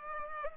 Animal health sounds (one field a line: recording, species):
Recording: mosquito wingbeat signal from an infrared sensor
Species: Culex pipiens